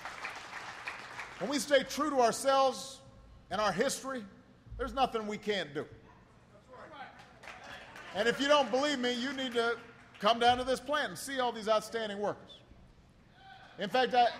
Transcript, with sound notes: –- when we stay true to ourselves and our history, there’s nothing we can’t do. (Applause.) And if you don’t believe me, you need to come down to this plant and see all these outstanding workers. In fact,